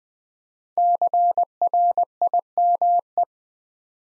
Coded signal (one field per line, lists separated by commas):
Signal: Morse code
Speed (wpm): 20 wpm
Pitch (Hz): 700 Hz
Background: none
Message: CRIME